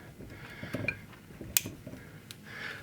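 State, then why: Seated. While rebuilding a U-joint on a Jeep CJ7 Dana 30 axle shaft, a steel snap ring is pushed into its groove in the yoke to hold the bearing cap. Soft metallic clinks and handling noise come before it, then a sharp, bright snap at 1.6 s, with another light tick at 2.3 s. The snap ring has seated in its groove.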